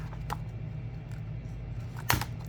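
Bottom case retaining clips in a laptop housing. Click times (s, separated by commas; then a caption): 0.3 s, 2.1 s. The bottom case of a 12-inch MacBook (2015–2017, A1534) is pried up with a tool, and its two retaining clips pop loose from the aluminium housing. A sharp click sounds at 0.3 s and a louder one at 2.1 s, over a steady low hum. Both clips release.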